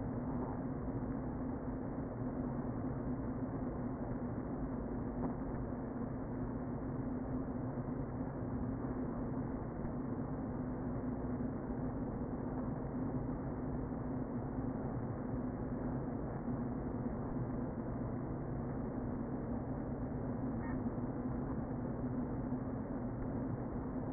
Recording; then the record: honeybee colony, microphone inside the hive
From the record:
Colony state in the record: queen present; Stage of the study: before two queens were removed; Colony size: about 60,000 bees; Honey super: yes